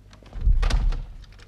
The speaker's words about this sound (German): Ich öffne eine der Türen. Wohin führt sie? Schlüpfe in einen fremden Raum, schließe hinter mir ab.